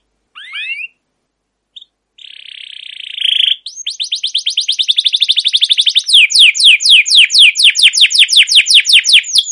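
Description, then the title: Canary singing: a couple of short rising notes, a brief pause, a buzzing held tone, then a long rapid trill that shifts into slower falling chirps. Long, continuous rolling canary song in a mastering recording, made for luring and training canaries to sing. "CUIT CUIT NGEROL LANGSUNG GACOR PANJANG Kenari Ini AMPUH Utk Pancingan KENAR. Masteran Suara Burung Kenari Gacor Panjang cuit cuit Ngerol untuk Pancingan Kenari!"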